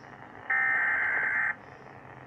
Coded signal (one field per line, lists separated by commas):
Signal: Emergency Alert System (SAME) tones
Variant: header bursts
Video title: Severe Thunderstorm Warning on AM radio and for my area!!!!!! EAS# 49